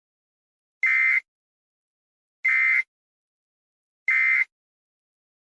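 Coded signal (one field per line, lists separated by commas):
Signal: none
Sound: short animation sound beeps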